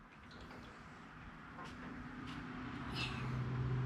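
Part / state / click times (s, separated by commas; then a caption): click-type torque wrench on a go-kart spindle bolt / not seated / none. A child pulls on a click-type torque wrench set toward 50 ft-lb on the spindle bolt of a Colman KT 196 go-kart, where the front tire is removed and an HD spindle is being installed. A steady low rumble slowly grows louder, with a faint higher squeak near 3.0 s and a low hum toward the end. The child cannot apply enough force, so the wrench has not clicked.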